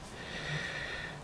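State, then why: Not seated. A small plastic or die-cast shoulder armor piece is pressed onto the shoulder of a Chogokin Archer (Fate Zero) action figure, expected to snap into place. Only a steady, breathy, snort-like noise with a faint high tone is heard, with no sharp sounds. Nothing has snapped or clicked, though the piece stays on the shoulder.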